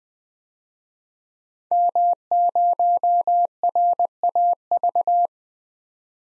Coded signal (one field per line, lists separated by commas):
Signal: Morse code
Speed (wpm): 21 wpm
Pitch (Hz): 700 Hz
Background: none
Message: M0RAV